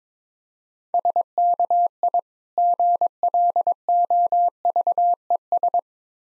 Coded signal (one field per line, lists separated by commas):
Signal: Morse code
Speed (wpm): 21 wpm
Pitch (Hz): 700 Hz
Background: none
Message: SKI GLOVES